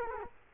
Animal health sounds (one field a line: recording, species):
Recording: mosquito wingbeat signal from an infrared sensor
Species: Culex quinquefasciatus